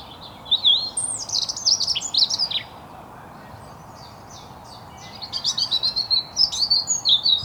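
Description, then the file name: European robin song: two bursts of high, thin, rapidly varied warbling notes with a quiet pause of a couple of seconds between them. "Erithacus rubecula"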